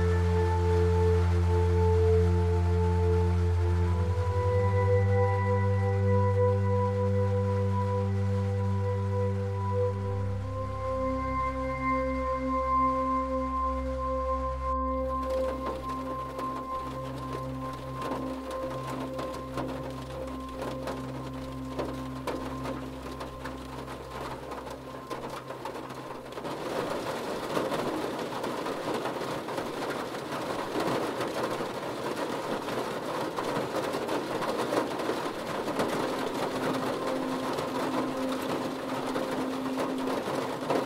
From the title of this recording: sounds of rain